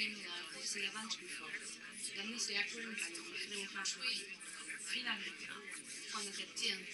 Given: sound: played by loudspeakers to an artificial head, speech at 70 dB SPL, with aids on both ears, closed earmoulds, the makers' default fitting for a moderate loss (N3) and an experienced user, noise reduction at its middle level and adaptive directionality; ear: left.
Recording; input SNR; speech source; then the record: speech test signal (ISTS) in cocktail-party noise; 0 dB; on the right (90 degrees)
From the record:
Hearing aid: class 2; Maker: J